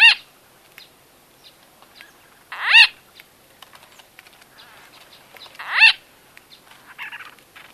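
White-fronted bee-eater calls: three loud, throaty squawks, spaced about three seconds apart, with faint ticking sounds in the quiet gaps.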